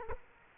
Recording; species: mosquito wingbeat signal from an infrared sensor; Culex quinquefasciatus